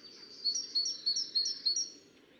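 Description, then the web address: Great tit song: five quick, high, slightly rising paired notes repeated in an even series, with a soft background hiss. Assistens Cemetery. "assistens Musvit"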